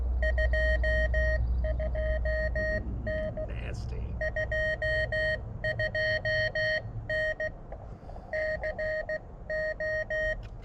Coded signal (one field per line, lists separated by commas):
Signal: Morse code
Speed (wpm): 16 wpm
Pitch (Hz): 590 Hz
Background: speech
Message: 22N 22N CO